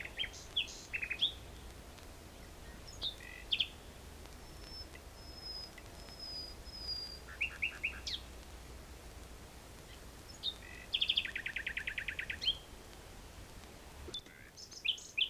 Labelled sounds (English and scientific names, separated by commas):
Common Nightingale (Luscinia megarhynchos) song